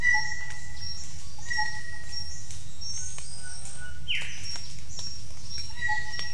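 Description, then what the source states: Bird calls, steady whistled notes repeated several times, one sharp downward sweep partway through, over insects and a continuous low hum. Jungle at Mungku Baru, Central Kalimantan, Indonesia.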